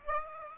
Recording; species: mosquito wingbeat signal from an infrared sensor; Aedes aegypti